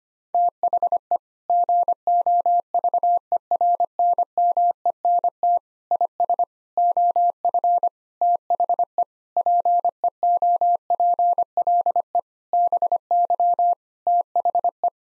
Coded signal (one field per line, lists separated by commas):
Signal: Morse code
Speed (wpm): 25 wpm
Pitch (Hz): 700 Hz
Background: none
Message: THE GOVERNMENT IS OF THE PEOPLE BY THE